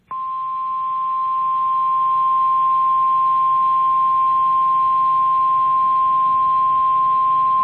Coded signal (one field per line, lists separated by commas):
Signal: Emergency Alert System (SAME) tones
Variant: 1050 Hz attention tone